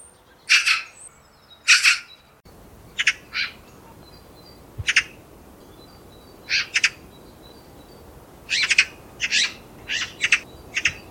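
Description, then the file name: Eurasian magpie giving harsh, rasping chatter calls in short bursts, often paired or in quick clusters, separated by brief pauses over a steady background hiss. "ekster roep"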